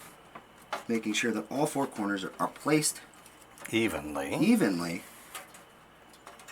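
A sharp, stamped-steel shield insert, possibly the I/O shield, is pressed into a PC case opening and gives two clicks at 0.4 s and 0.7 s as it seats evenly on all four corners. Someone talks over the rest of the clip, and another faint tick comes at 6.3 s.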